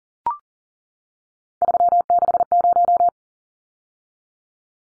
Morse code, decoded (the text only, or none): 360